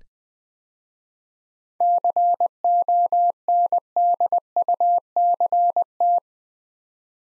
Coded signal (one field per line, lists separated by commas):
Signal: Morse code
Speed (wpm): 20 wpm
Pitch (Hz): 700 Hz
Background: none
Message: CONDUCT